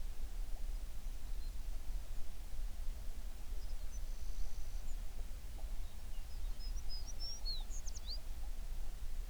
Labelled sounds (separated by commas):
songbird